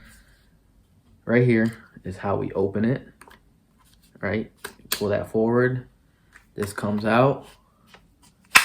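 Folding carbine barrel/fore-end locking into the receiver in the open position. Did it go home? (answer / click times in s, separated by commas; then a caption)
yes / 8.6 s. A Kel-Tec SUB-2000 folding pistol-caliber carbine is unfolded by pulling the barrel section forward and swinging it out while someone talks. A sharp, loud click at 8.6 s marks the barrel and fore-end snapping into place and locking into the receiver in the open position.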